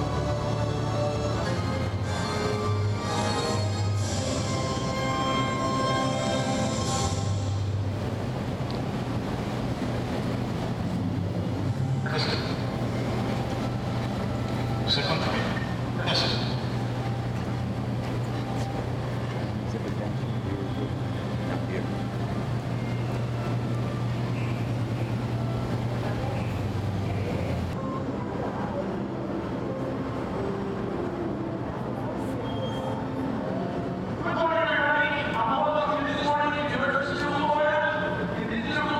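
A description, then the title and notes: Crowd noise and bustle at a theme park, with a steady low rumble from a ride or vehicle running through the first 28 seconds, then cutting out. Voices and music-like tones mix throughout, with brighter, livelier music rising near the end. On this week's show we play audio from the Universal Studios Florida theme park. Listen as you hear us walk the park as we journey from attraction to attraction.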